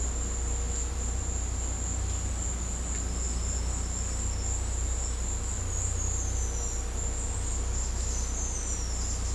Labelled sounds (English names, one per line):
none